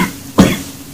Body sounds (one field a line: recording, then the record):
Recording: coughing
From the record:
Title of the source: Spring Allergy Coughing